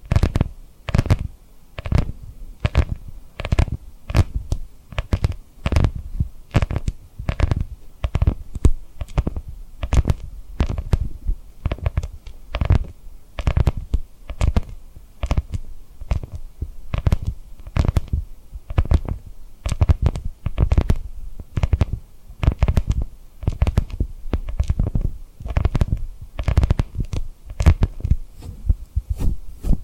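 Tapping and rubbing on rhinestones comes through as a quick, regular series of soft taps, roughly two or three each second, for the whole thirty seconds. Each tap has a dull low thump with a short crisp edge, and faint scratchy rubbing fills the gaps.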